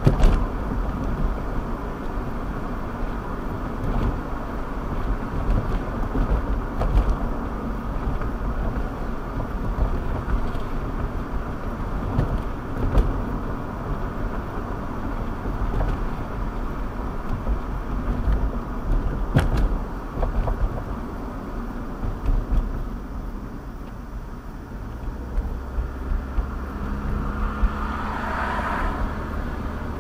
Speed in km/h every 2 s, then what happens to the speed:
63, 61, 60, 60, 56, 60, 60, 60, 60, 53, 48, 37, 32, 34, 39.
0-7 slows to 56. 7-16 steady at about 60. 16-24 brakes to 32. 24-30 speeds up to 39.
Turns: none.